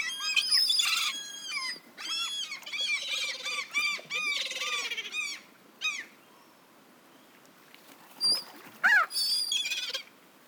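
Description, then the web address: Gulls calling, harsh harmonic yelps in overlapping bursts, with a few lower drawn-out mewing notes in the middle, then brief pauses and renewed squealing cries near the end. "best service Blue Box birds seagulls"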